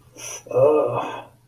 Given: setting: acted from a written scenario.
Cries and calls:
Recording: vocal sound without words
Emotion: pain

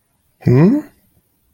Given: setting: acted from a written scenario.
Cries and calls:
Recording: vocal sound without words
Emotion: confusion

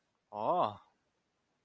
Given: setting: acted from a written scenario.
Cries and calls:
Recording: vocal sound without words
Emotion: interest

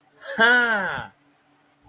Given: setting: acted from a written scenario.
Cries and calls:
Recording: vocal sound without words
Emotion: realization

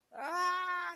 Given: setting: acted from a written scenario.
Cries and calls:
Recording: vocal sound without words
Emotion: pain

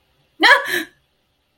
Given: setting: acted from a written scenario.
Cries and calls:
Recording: vocal sound without words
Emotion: fear

